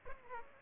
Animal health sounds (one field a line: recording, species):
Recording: mosquito wingbeat signal from an infrared sensor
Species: Aedes aegypti